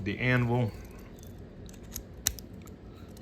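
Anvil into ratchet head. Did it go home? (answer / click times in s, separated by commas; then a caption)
partly / 2.3 s. Someone talks briefly, then a metal anvil is fitted into the head of a cheaper bit ratchet tool, with a few faint ticks followed by one sharp click at 2.3 s. The anvil does not stay in well and does not lock in as tightly as it does on a higher-quality tool.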